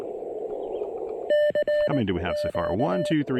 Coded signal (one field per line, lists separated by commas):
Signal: Morse code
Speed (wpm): 19 wpm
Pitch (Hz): 590 Hz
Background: speech, radio noise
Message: K Q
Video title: Pairing the Elecraft KX1 and PackTenna 20M EFHW at South Mountains State Park!